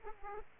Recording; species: mosquito wingbeat signal from an infrared sensor; Aedes aegypti